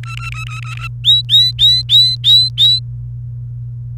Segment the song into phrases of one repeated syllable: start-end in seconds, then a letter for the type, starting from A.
0.03-0.88 A, 1.04-2.79 B